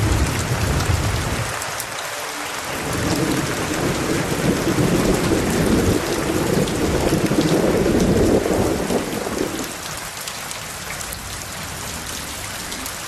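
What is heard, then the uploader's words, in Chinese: A thunderstorm with steady, dense rain hissing across the whole clip. From about three to ten seconds a low rumble of thunder swells beneath the rain, then fades, leaving the rain pattering on alone. 雷雨聲。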